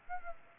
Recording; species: mosquito wingbeat signal from an infrared sensor; Aedes aegypti